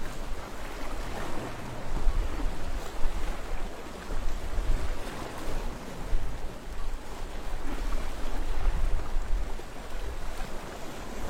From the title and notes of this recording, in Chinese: 防波堤的大石块上长满了牡蛎壳，海浪不断冲刷着这些石头。我把录音机拿在了手上。站在汕头东海岸的海堤上。